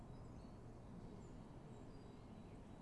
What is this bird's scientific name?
Parus major